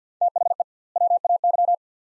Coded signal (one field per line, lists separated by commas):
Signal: Morse code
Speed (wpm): 45 wpm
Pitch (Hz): 700 Hz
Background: none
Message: THE WAY